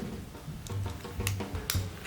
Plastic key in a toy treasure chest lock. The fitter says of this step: turn it inwards you hear the click I think we did it open it up